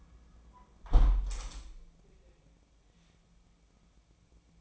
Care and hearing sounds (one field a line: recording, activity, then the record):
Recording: daily activity, microphone in the room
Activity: close window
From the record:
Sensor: 1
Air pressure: 1012.4 hPa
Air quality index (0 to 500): 170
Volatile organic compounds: 3 ppm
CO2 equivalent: 1385 ppm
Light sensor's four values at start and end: 214/490/217/238 and 218/500/221/242